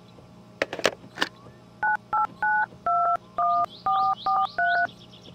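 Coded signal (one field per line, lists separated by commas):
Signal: DTMF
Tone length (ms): 260 ms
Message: 98921443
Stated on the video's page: Phone dialing tones in a game mod, calling from phone or payphone.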